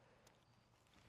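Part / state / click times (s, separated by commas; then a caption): snap fastener on a fall-arrest tether pressed onto its male stud on the lanyard pack / not seated / none. The snap fastener at the top of a self-rescue fall-arrest tether is being handled and brought toward its male stud on the Velcro lanyard pack, with faint rustling and handling noise over low background rumble. Nothing has seated or clicked yet; the snap has not closed by the end of the clip.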